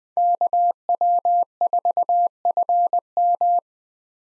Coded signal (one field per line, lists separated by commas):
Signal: Morse code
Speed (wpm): 20 wpm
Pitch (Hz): 700 Hz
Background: none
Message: KW4FM